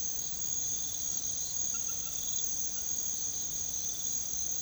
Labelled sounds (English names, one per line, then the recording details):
none
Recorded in pastures near Puerto Asís, Putumayo, Colombia, on 9 March 2025 at 01:00
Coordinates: 0.486, -76.323
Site G075